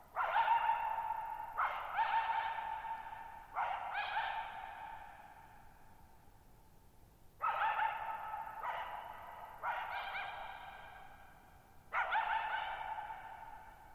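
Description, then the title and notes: Coyote calling repeatedly with wavering howls and harsh barks in two series, each rolling into long reverberation, with silent gaps between. Lone coyote at night, July 14, 2019, Thirtymile Meadows, Okanogan National Forest (Okanogan High Country), Pacific Northwest, 6400 ft; tall mountains on a high, mostly dry plateau, shallow bowl-shaped meadows, boggy ground. "Lone Coyote at Thirtymile Meadows. I spent the night of July 14, 2019, camped near Thirtymile Meadows in the Okanogan National Forest at 6400 ft (1950 m)"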